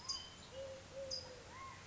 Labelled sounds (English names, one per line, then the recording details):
California Towhee
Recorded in Sonoma County, California